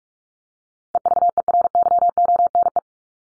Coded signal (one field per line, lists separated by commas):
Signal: Morse code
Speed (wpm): 44 wpm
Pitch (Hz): 700 Hz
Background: none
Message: EVERYONE